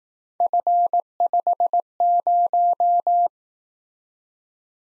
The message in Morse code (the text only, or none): F50